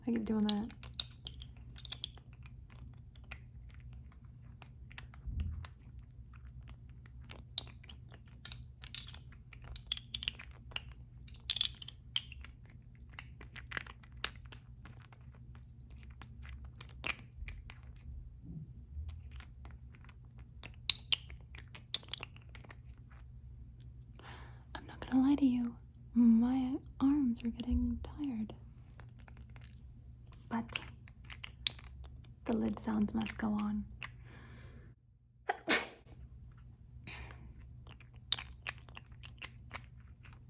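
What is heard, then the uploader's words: A lid is handled: sharp clicks, taps and small scrapes scattered through the recording. Between about 25 and 34 seconds the activity thickens into squeaky, grinding twists. A steady low hum fills the background, briefly dropping out near 35 seconds. ASMR Lid Sounds.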